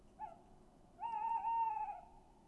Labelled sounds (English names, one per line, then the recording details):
Tawny Owl
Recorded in Germany
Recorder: ecoPi